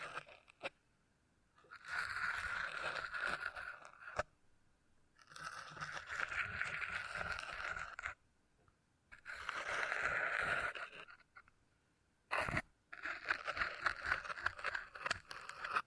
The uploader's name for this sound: Brain Tingly Sounds Using Beeswax